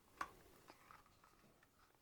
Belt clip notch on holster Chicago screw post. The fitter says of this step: You'll kind of hear it click over the Chicago screw.